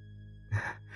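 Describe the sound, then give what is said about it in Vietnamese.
A boy's heavy, ragged panting breath bursts out over a low steady hum as he speaks after running, followed a moment later by the start of another, fainter one. “Thằng Tý thở hồng hộc vừa nói”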